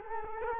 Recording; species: mosquito wingbeat signal from an infrared sensor; Culex quinquefasciatus